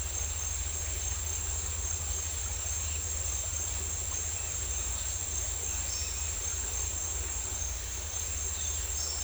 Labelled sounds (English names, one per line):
none